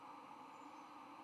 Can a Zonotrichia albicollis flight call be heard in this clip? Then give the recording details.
no. No flight call is heard. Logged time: 22:10 on 9 November 2014